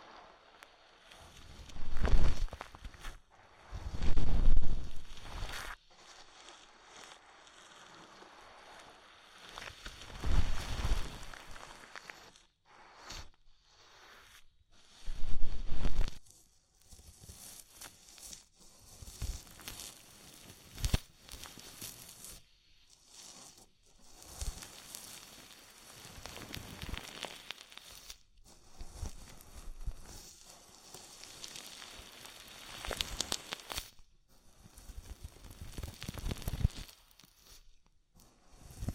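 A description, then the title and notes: Wet foam and oil rubbing with crackly, irregular swipes, loud bursts near 2, 4, 10 and 15 seconds, then softer scratchy rustling throughout. ASMR Oil, Foam and Tingly Ear Massage.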